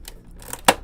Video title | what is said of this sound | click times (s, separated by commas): JonnyBuildz..the LEGO Eldorado Fortress!!! Set 6276 Leaks and Reviews!!! Episode 192 | there we go snap snap you hear that snap and it's such a good thing | 0.7 s